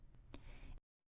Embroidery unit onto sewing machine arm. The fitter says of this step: Slide the embroidery unit into the machine arm until it clicks and stops.